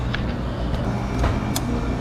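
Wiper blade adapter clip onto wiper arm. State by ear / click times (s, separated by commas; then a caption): seated / 0.1 s, 1.6 s. A truck wiper blade's plastic adapter clip is plugged back onto the metal wiper arm hook over a steady low rumble, with sharp clicks at 0.2 s and 1.6 s. The clip snaps in place and is seated on the arm, and the audible click confirms it.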